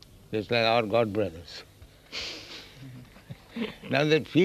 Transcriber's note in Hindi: laughs